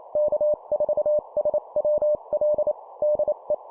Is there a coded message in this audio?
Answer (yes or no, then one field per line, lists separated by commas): yes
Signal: Morse code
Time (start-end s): 0.2-3.5 s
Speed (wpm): 28 wpm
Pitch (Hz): 600 Hz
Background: none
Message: K4SWL DE